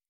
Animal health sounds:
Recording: hydrophone in a shrimp aquaculture tank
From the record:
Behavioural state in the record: normal

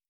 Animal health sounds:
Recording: hydrophone in a shrimp aquaculture tank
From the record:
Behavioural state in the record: stressed

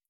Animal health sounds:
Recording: hydrophone in a shrimp aquaculture tank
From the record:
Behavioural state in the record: starved

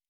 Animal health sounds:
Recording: hydrophone in a shrimp aquaculture tank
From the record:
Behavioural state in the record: normal

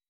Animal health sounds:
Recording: hydrophone in a shrimp aquaculture tank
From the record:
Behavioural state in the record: weakened

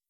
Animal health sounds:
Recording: hydrophone in a shrimp aquaculture tank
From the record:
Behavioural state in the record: weakened

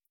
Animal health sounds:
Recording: hydrophone in a shrimp aquaculture tank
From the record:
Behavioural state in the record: feeding

